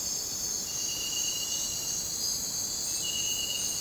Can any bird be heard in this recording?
no